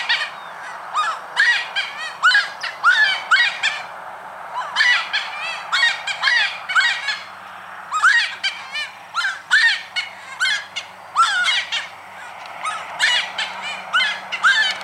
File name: Voz-ipacaá